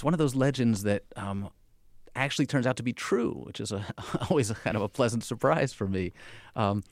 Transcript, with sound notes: It's one of those legends that actually turns out to be true, which is (laughter) always kind of a pleasant surprise for me.